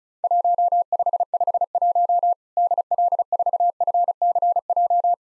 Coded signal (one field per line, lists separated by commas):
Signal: Morse code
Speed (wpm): 34 wpm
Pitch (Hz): 700 Hz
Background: none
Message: 1551 DL4FCJ